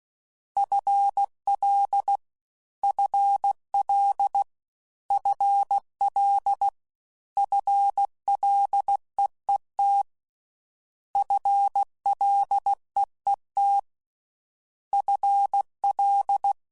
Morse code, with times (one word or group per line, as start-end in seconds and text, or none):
0.6-2.2 FL
2.8-4.4 FL
5.1-6.7 FL
7.4-10.0 FLEET
11.2-13.8 FLEET
14.9-16.5 FL